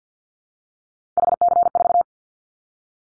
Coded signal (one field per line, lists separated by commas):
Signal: Morse code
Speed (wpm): 50 wpm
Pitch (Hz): 700 Hz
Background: none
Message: HC4